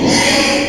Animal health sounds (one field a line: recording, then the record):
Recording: squeal of a Yucatan mini pig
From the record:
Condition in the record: before surgery on the right vocal fold (resection and tissue-engineered implant)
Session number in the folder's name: 2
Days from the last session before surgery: 0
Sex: male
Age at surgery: 12 weeks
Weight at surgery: 13 kg